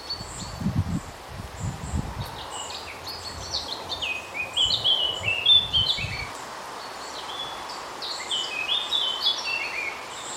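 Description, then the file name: Eurasian blackcap: a busy warble of short, clear whistles and slurred notes, with low rumbling noise in the first six seconds. "Sylvia atricapilla"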